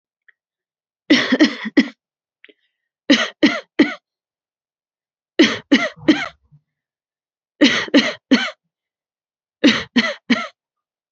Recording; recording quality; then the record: shallow voluntary cough; excellent, no background noise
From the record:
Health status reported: healthy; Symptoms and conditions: none ticked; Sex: female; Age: 27 years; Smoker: not ticked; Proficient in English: yes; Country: India